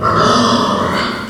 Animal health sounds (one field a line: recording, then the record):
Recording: squeal of a Yucatan mini pig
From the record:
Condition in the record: after surgery on the right vocal fold (resection and tissue-engineered implant)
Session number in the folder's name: 15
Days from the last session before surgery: 175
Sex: female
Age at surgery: 19 weeks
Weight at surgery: 25 kg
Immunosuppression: prednisolone